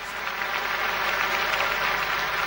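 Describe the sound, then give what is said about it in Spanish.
A crowd applauds steadily, a dense, sustained patter of many hands clapping at an even loudness for the whole stretch, with no voices standing out. “Para explicar la razón de esos aplausos, saltemos a 1985 y tengo el honor de invitar a Héctor Larrea para presentar la historia que sigue.”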